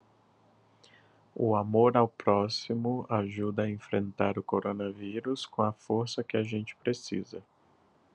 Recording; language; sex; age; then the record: spoken sentence; Brazilian Portuguese; male; 30 to 39 years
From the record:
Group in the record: control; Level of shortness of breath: 0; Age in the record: 32 years